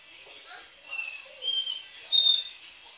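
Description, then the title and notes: Belgian canary giving a few clear whistled notes at different pitches, spaced under a second apart. "Canario Belga, nyonyastudio"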